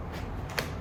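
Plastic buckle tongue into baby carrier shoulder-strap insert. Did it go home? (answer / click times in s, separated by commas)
yes / 0.6 s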